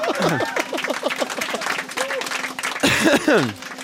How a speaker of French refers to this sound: Je pense que ça mérite un applaudissement.